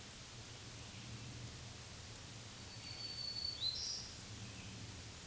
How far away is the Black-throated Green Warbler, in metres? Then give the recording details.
about 30 m. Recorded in a Pennsylvania forest on 1 June 2023 at 08:45. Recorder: AudioMoth, point grid3_40_high. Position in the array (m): 166 m, 241 m